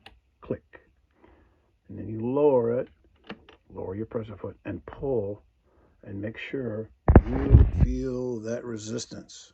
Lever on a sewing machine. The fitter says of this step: lift it up till it clicks click